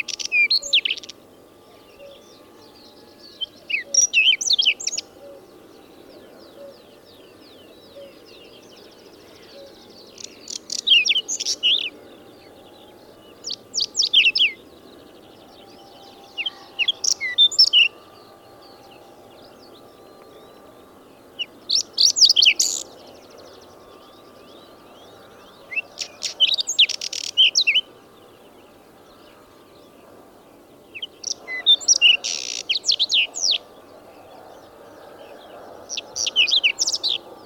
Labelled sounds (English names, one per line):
Whinchat song